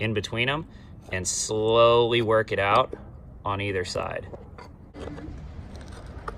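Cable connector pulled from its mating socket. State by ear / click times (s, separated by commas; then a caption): released / 6.3 s. A tight plastic cable connector is pried loose from its mating socket with a flathead screwdriver: the latch is pushed down and the screwdriver is worked between the halves, levering it out on either side while someone talks. After some quieter scraping and small ticks, a sharp crack at 6.3 s marks the connector coming free.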